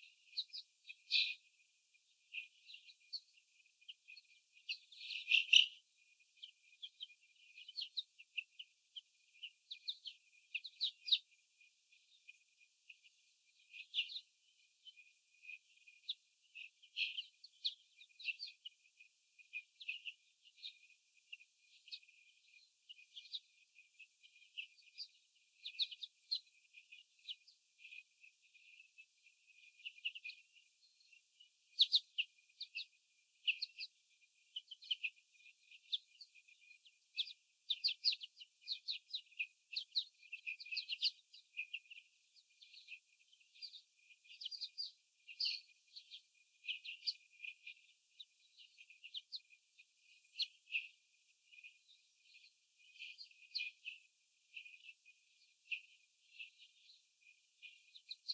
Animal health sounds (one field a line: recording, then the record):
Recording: young laying hens in a cage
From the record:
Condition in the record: after the stressor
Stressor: sudden umbrella opening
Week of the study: 3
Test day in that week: 2